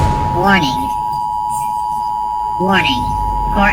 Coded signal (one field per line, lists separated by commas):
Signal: Emergency Alert System (SAME) tones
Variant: 853 and 960 Hz attention tone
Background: speech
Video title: EAS Scenario: Pinewood Builders Computer Core